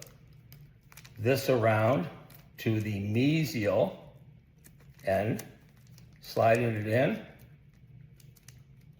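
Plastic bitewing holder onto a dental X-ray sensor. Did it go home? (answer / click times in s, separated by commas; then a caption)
no / none. A plastic Zero Profile bitewing holder is turned to its mesial end and slid onto a DC-Air wireless dental X-ray sensor, lined up with the attachment hole. Someone talks while light tapping and handling ticks are heard near 0.0–1.1 s, 4.7 s and 8.2–8.5 s. The holder is only being positioned, and nothing has snapped into place yet.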